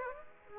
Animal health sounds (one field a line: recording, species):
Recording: mosquito wingbeat signal from an infrared sensor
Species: Aedes aegypti